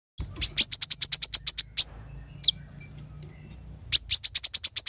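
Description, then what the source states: Van Hasselt's sunbird giving a rapid, even trill of about a dozen piercing high notes, a pause of about two seconds with one slurred note, then the trill again. Vigorous, steady song of a caged bird, played to lure, rouse and train other caged sunbirds, including untrained young birds, into answering.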